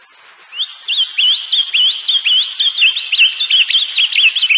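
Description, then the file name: Bird song, a lively run of quick whistled notes, each sliding up then twisting down, repeated rapidly in a continuous warbling phrase. "Passaros e Cascatas"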